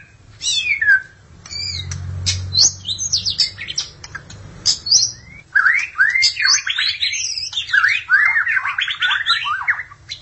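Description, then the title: Magpie-robin or shama song: a rich run of whistled, slurred phrases and sharp chips, growing denser and more varied in the second half, over a low steady hum early on. "BM Suara Burung Murai"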